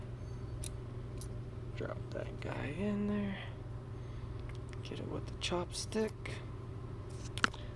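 A second valve lock keeper is dropped into the valve spring retainer on a Honda cylinder head and pushed home with a chopstick while someone talks over a steady low hum. Small taps and scrapes lead up to a loud, sharp hit at 7.4 s as the keeper seats.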